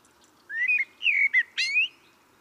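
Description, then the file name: Common blackbird song: a brief phrase of rising fluty whistles finishing in a high, screechy flourish. "Turdus merula"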